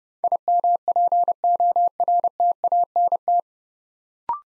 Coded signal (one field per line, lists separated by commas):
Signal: Morse code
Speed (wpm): 30 wpm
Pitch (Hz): 700 Hz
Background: none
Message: IMPORTANT